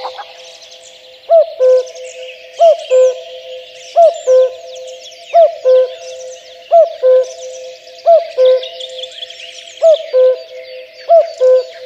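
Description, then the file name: Common cuckoo delivering a steady run of eight cu-coo calls, each a higher note then a lower one, while many smaller birds sing in the background. "kakukk hangja"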